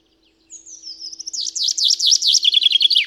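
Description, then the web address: Common chaffinch song: thin high opening notes, then a fast, rattling series that steps downward in pitch and finishes with a brief terminal flourish. "Spev Vtakov pinka"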